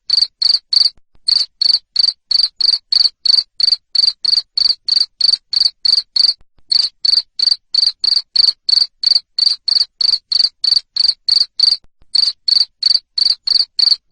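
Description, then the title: Cricket chirping in a long steady series of high, buzzy pulses about three per second, broken by a few brief pauses. Loud cricket chirping used to stimulate lovebirds to keep singing. "Suara JANGKRIK NGERIK Keras Bikin LOVEBIRD Jadi NGEKEK Terus Vubey"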